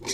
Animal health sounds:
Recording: pig call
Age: weaner (32 to 43 days)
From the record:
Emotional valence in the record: negative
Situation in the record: novel object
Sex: female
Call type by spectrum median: high-frequency call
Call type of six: high-frequency stable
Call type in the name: high-frequency stable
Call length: 0.14 s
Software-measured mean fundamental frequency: 188 Hz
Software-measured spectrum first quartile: 912 Hz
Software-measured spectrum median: 3758 Hz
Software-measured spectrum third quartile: 5659 Hz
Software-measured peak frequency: 5758 Hz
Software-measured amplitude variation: 148 dB a second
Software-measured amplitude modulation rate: 7.2 a second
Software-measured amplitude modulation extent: 20.5 dB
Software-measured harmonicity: 0.6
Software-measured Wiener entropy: -2.53

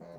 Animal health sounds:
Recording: pig call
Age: piglet (1 to 25 days)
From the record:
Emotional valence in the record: negative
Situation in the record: long isolation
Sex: female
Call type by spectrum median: low-frequency call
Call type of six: low-frequency stable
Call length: 0.18 s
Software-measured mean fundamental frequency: 52 Hz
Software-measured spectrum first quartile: 237 Hz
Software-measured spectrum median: 483 Hz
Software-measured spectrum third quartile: 653 Hz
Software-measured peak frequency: 171 Hz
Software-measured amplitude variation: 79 dB a second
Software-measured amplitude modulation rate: 19.3 a second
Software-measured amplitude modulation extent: 4.1 dB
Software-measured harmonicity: 1.3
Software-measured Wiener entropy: 0.12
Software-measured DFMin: 948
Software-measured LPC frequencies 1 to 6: 575, 1865, 4063, 4398, 5528, 6177 Hz

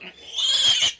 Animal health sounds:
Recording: pig call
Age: piglet (1 to 25 days)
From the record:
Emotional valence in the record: negative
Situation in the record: castration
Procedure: castration, cut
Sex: male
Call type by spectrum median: high-frequency call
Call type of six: high-frequency modulated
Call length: 1.00 s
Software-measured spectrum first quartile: 3228 Hz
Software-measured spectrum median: 4745 Hz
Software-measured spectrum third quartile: 8996 Hz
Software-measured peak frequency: 3218 Hz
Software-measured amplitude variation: 146 dB a second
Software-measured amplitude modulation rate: 18.5 a second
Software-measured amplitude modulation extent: 7.9 dB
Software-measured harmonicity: 5.0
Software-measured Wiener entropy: -2.61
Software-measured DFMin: 461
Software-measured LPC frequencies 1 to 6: 1139, 2105, 3270, 4079, 5025, 6353 Hz

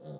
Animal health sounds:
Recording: pig call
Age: piglet (1 to 25 days)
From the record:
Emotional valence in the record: negative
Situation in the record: short isolation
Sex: female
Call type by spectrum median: low-frequency call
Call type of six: low-frequency stable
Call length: 0.20 s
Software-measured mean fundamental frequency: 75 Hz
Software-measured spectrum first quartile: 162 Hz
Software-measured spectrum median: 326 Hz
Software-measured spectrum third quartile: 565 Hz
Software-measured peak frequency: 525 Hz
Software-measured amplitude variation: 104 dB a second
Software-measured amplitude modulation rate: 17.7 a second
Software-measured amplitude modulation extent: 5.9 dB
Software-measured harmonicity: 1.6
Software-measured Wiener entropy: 0.04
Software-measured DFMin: 1065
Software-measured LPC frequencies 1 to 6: 536, 3768, 5487, 6383, 7377, 8715 Hz

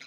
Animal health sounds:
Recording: pig call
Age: piglet (1 to 25 days)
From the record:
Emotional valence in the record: positive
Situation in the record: reunion after long isolation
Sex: male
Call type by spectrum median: high-frequency call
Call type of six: low-frequency tonal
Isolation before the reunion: 8 minutes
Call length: 0.07 s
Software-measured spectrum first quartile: 1999 Hz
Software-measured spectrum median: 2886 Hz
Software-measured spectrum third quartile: 4357 Hz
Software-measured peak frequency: 2171 Hz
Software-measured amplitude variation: 38 dB a second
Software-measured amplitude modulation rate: 7.2 a second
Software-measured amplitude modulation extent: 5.3 dB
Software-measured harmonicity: 1.6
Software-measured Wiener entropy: -1.21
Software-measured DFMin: 1225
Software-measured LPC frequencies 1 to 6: 1467, 2197, 3644, 4056, 5007, 5732 Hz

